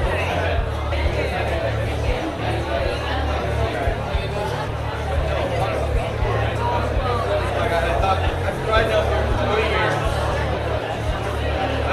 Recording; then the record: background sound without coughing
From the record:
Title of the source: CITY SOUNDS Busy Bar in the Evening Night - 2 HOURS of Ambiance for Relaxation